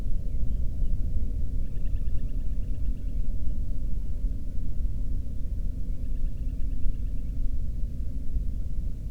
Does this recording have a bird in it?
yes